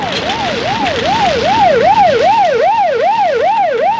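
A police patrol car siren wails in a fast, steady up-and-down cycle, about two sweeps per second, loud and continuous over a low traffic rumble, with no voices.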